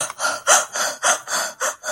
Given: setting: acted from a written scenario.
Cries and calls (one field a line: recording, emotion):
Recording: vocal sound without words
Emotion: fear